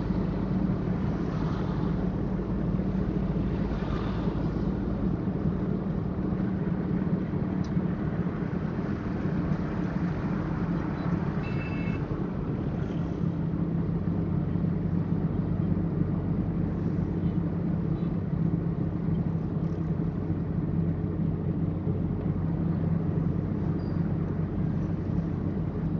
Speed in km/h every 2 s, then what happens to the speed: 47, 48, 46, 45, 43, 42, 42, 42, 41, 41, 41, 41, 41.
0-26 steady at about 42.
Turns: none.